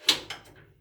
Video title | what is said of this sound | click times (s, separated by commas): CWI Scorpion 16" Jointer/Thickness planer | push that disengage so that just comes over locks into place on the side | 0.1 s